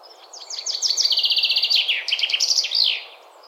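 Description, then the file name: Common chaffinch song: accelerating run of sharp notes into a rapid even trill, then a bouncy descending finish with a terminal flourish, over faint low background noise. "Fringilla coelebs"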